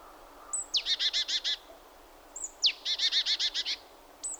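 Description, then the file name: Great tit call: a high thin note sliding down into a fast rattled churr of about seven buzzy notes, given twice. "Parus major"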